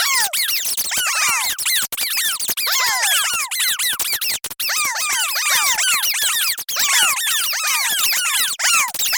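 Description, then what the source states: Rodent squeaking from a large swarm, thin sliding squeals overlapping continuously for several seconds amid dry scratching sounds. Artificially created ambience of a rodent plague.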